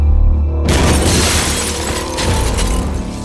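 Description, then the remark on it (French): An explosion blasts open the two closed entrance doors of a main building during a commando raid: a low rumble gives way to a sudden, loud blast that cracks open into a broad, shattering burst of noise, followed by rough debris-like crackle and a sustained roar that slowly fades. “Deux portes, deux entrées, closes, explosion, irruption.”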